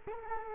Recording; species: mosquito wingbeat signal from an infrared sensor; Culex quinquefasciatus